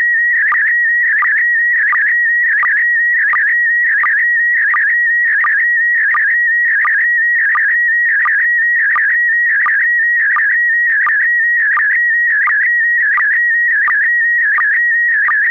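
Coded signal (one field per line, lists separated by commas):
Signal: SSTV (slow-scan television)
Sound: warbling tone around 2 kHz with short low blips about every 0.7 seconds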